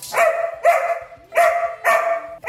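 A dog barks about five times in a fairly steady rhythm, each bark loud, mid-pitched and slightly drawn out, with no voices over it.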